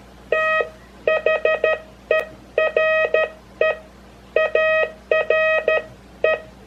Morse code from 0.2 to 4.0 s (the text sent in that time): THERE